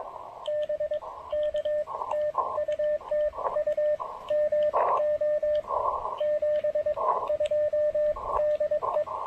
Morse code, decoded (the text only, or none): BK TU TU MO 72 DE